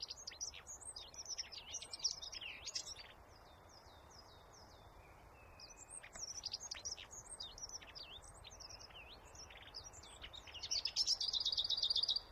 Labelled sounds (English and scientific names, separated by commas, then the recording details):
Lesser Whitethroat (Sylvia curruca) song
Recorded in the wild
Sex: male
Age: adult
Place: Erlangen, Bayern, DE
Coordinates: 49.6083, 10.935
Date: 1962-05-14
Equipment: Stellavox SM 5, Vorverstärker, langes Kabel
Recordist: Tretzel, Erwin